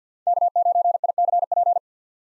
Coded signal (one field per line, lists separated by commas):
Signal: Morse code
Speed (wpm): 50 wpm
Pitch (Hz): 700 Hz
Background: none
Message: K9ICP